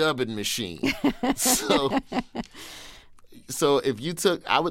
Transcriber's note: laughter